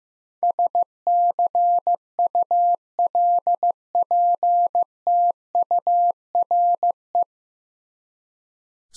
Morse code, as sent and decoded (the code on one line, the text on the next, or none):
... -.-. ..- .-.. .--. - ..- .-. .
SCULPTURE